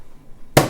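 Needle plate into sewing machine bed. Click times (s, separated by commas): 0.6 s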